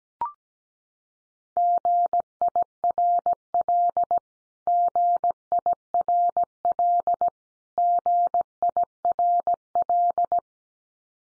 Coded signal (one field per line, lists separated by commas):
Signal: Morse code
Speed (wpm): 17 wpm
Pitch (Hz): 700 Hz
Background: none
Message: GIRL GIRL GIRL